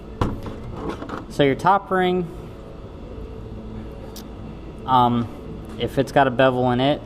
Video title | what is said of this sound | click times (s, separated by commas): putting on piston rings | trying to do this in front of the camera so it's a little bit difficult and then pops into place | 0.2 s